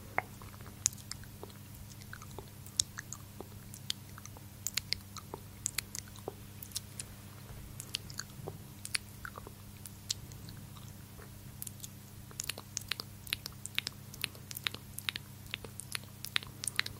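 Wet mouth sounds: quick clicks and smacks scattered throughout, crisp and bright, sometimes in small clusters, with a few louder pops near the end. Beneath them runs a steady low hum that never changes, and the chewing-like texture stays even across the whole stretch.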